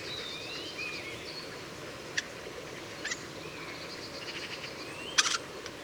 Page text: March 2009 Two singing Eurasian Jays Garrulus glandarius, recorded in the vicinity. Eurasian Jay Garrulus glandarius, Leipzig, Germany